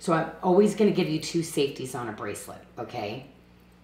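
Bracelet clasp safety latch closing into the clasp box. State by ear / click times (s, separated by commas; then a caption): not seated / none. A sterling silver beaded bracelet with a retention catch and two safety latches is handled at its clasp, the safety latch about to close into the clasp box. Only someone talking is heard, with no snap, and nothing has seated or clicked yet.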